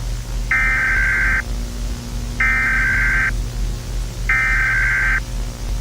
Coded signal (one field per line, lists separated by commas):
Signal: Emergency Alert System (SAME) tones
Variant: header bursts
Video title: Gorilla tag | EAS SCENARIO